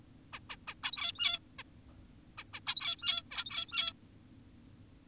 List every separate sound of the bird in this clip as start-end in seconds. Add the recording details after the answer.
0.33-0.40, 0.50-0.56, 0.68-0.74, 0.83-1.39, 1.59-1.63, 2.38-2.44, 2.54-2.60, 2.67-3.23, 3.31-3.93. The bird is an adult. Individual g17y2U